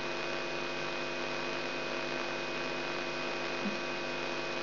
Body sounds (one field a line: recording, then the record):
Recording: brain microelectrode recording played as sound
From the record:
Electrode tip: outside the subthalamic nucleus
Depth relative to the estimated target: -3.5 mm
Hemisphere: right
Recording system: AlphaMap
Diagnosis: Parkinson's disease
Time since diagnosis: 16 years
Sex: male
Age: 67 years